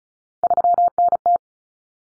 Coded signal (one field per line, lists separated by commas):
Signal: Morse code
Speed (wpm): 34 wpm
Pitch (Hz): 700 Hz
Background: none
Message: 3NT